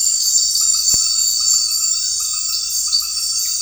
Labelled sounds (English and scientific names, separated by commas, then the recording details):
none
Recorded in secondary vegetation near Puerto Asís, Putumayo, Colombia, on 8 March 2025 at 19:30
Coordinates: 0.499, -76.323
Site G094